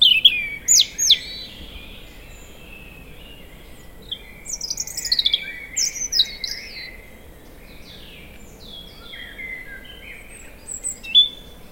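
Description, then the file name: European robin song: sweet, high, tumbling phrases of slurred whistles and trills, delivered in scattered bursts with quieter gaps, against low, constant ambient noise. "Erithacus rubecula"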